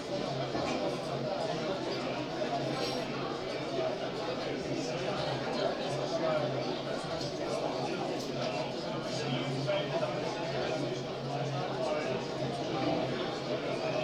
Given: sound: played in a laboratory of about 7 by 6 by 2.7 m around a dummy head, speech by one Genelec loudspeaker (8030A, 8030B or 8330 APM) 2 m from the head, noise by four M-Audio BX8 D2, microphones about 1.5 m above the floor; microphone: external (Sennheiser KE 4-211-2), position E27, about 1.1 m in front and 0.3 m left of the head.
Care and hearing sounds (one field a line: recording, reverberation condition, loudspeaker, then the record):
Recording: cafeteria noise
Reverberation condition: low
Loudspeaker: four, about 170 cm from the corners of the room and facing them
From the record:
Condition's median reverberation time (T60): about 310 ms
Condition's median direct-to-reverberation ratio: about 3.5 dB